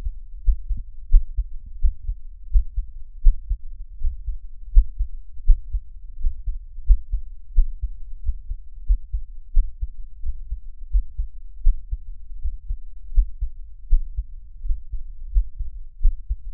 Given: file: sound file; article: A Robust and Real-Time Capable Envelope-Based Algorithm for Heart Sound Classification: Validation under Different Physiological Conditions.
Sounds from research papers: heart sounds by electronic stethoscope; after 5 min of sport; deep; sitting; Erb’s point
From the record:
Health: healthy, no known heart disease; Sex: male

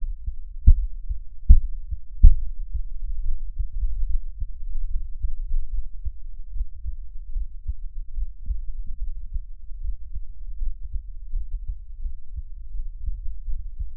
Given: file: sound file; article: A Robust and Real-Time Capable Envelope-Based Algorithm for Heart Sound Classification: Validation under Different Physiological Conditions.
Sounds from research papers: heart sounds by electronic stethoscope; rest; normal; lying on right side; Erb’s point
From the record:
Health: healthy, no known heart disease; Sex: male

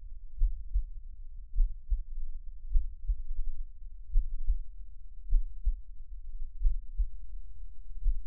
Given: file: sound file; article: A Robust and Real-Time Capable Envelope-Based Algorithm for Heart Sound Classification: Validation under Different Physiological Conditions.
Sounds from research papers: heart sounds by electronic stethoscope; rest; normal; sitting; Erb’s point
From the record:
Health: healthy, no known heart disease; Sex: male

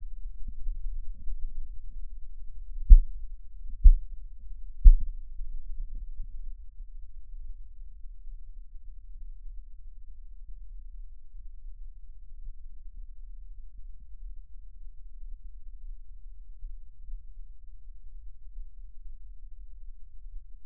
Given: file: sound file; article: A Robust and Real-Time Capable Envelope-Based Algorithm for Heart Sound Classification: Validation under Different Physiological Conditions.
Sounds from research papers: heart sounds by electronic stethoscope; rest; normal; sitting; centre of the back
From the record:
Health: healthy, no known heart disease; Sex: male

